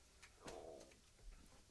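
A faint, low, gurgling rumble with a cooing, bubbly tone lasts about half a second in a quiet room. It is an adult's audible stomach growl (borborygmi), gas and fluid moving through the gut, an ordinary digestive sound, not from hunger.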